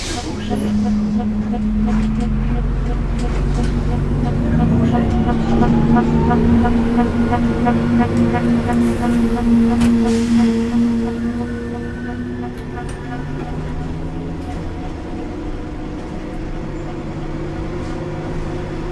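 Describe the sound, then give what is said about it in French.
A city bus, the 143 toward La Courneuve, riding from Le Bourget, France, rumbles along with a deep, steady engine drone, a tonal whine rising and falling as it accelerates midway, and indistinct murmuring underneath. “Je reprends le bus 143, direction la Courneuve.”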